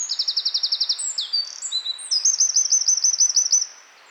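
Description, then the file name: Eurasian wren song, a vigorous high-pitched string of fast trills and sharp notes that keeps going for about three and a half seconds before stopping. "Troglodytes troglodytes"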